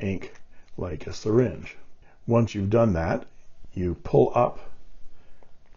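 Someone talks while handling a Penbbs 355 Galaxy bulk-filler fountain pen, working the filler rod of its piston after drawing up ink. The rod has not yet clicked into the plastic back collar; nothing has seated or clicked yet, and only faint small ticks are heard near the end.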